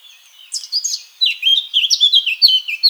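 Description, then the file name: Eurasian blackcap singing a brief scratchy twitter that turns into a run of rich, whistled, slightly descending notes, repeated rapidly to the end. "Sylvia atricapilla"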